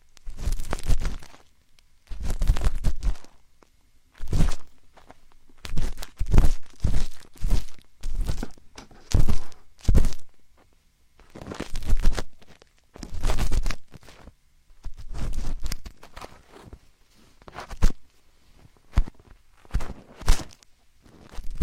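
Binaural ear picking and ear massage: short scratchy, rubbing bursts come one after another, each lasting under a second, with brief silences between. The strokes are irregular in pace, some clustered in quick runs, others spaced out, with a crunchy, muffled thumping texture.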